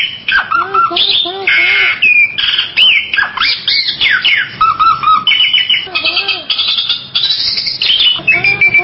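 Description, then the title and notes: Bali myna song: varied rich whistles, slurs and squawks tumbling together in a lively, continuous stream. "Jalak Bali 2. Kicau Burung Jalak"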